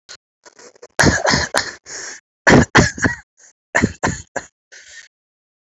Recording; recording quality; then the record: shallow voluntary cough; excellent, no background noise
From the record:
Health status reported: exposed to COVID-19, no respiratory illness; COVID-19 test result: negative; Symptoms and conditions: none ticked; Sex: male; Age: 32 years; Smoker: not ticked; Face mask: worn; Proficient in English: yes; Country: India